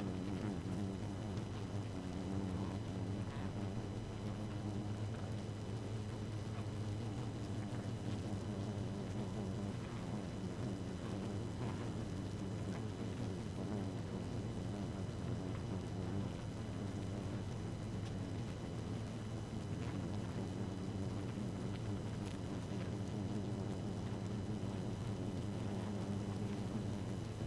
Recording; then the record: honeybee colony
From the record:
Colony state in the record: active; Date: 12 June 2018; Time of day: 0:20